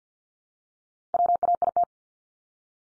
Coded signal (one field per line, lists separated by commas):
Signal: Morse code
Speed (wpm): 50 wpm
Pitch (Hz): 700 Hz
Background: none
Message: WAIT